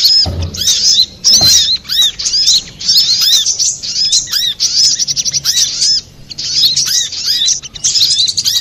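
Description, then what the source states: Little spiderhunter song: dense, high-pitched twittering of quick sharp chirps and arched notes, nearly continuous, with a couple of soft low thumps near the start. Master recording for training cage birds; Indonesian name sogok ontong, labelled Labaik.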